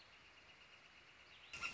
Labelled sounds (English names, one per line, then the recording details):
Northern Flicker
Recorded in Sonoma County, California